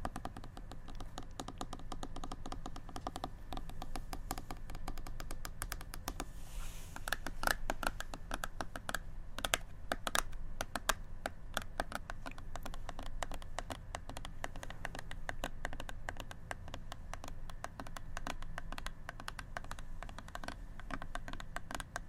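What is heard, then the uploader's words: ASMR tapping: quick, crisp taps and clicks that patter almost nonstop, like fingers rattling over keys. The rhythm is fast and uneven, easing briefly around seven seconds before picking up again, over a steady low hum. ASMR Tapping.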